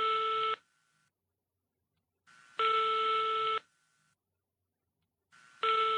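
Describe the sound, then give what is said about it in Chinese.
A mobile phone's ringback tone repeats in steady buzzy bursts about a second long, separated by pauses of silence, as a dialed call to a mobile phone rings unanswered while the caller holds the phone to his ear. No one speaks. “王乾坤赶紧拨打了严福瑞的手机，拨完了号之后就搁耳朵边上一直听着。”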